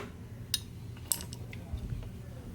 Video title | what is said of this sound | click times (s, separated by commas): CBR600F4i Engine teardown episode 5 | and you'll feel that you'll feel that snap in place | 0.5 s, 1.1 s